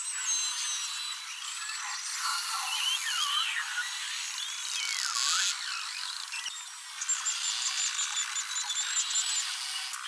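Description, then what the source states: Beluga whale vocalizations: many overlapping whistles sweeping up and down in loops over a constant hiss of underwater noise. A large mixed herd of belugas, recorded by Valeria Vergara.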